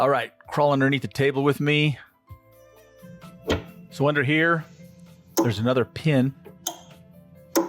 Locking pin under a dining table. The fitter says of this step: you can hear that unlock